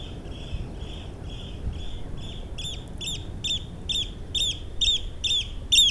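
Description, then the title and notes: Eurasian oystercatcher piping calls, a rapid run of sharp, shrill notes that grows louder and stronger throughout, with soft wind rumble beneath. Single oystercatcher flying past the recorders at Nexø, Denmark; low mud sound and some wind noise on the mics; recorded with Sony PCM-D100 internal mics. "Hovedgade 1L, 3730 Nexø, Denmark - Flying oystercatcher. Flying oystercatcher, passing in front of recorders. Low mud sound. Passage d’huîtrier pie. Faible bruit de vase"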